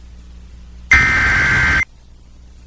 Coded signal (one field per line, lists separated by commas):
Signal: Emergency Alert System (SAME) tones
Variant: header bursts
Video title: EAS #851: EAS Flash Flood Warning- July 12, 2023- 6:34PM PDT